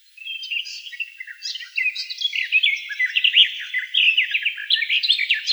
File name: Slavka chernogolovaja